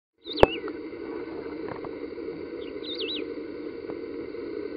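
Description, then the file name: Wedge-tailed grass finch giving two thin, high wavering call notes that rise and fall, over a steady low droning background hum. Recorded in a nature reserve at Piraju, Brazil. "Emberizoides herbicola -Piraju, Brasil -nature reserve"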